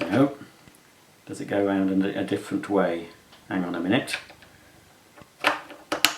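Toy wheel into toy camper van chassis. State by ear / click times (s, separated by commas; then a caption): seated / 5.9 s, 6.1 s. A plastic toy wheel assembly for a Playmobil 5928 camper van is turned around and pushed into the camper van chassis while someone talks. It seats with sharp snaps at 5.9 s and 6.1 s, and the wheel is confirmed in.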